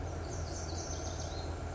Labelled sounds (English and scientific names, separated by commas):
Lazuli Bunting (Passerina amoena)